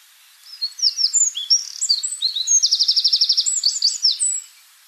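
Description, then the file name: Eurasian wren song: shrill, quickly repeated notes and a steady rattling trill in a burst of about four seconds against faint background hiss. "Troglodytes troglodytes"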